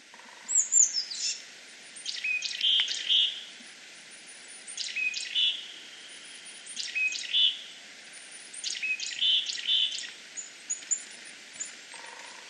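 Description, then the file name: Willow tit calls: several bouts of short, harsh, buzzy notes, roughly every two seconds, against a steady background hiss. Recorded at Nasushiobara, Japan, on 31 March 2015. "kogara nasushiobara hirano"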